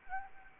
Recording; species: mosquito wingbeat signal from an infrared sensor; Anopheles gambiae